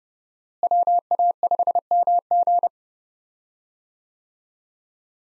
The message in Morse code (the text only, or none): WA5MG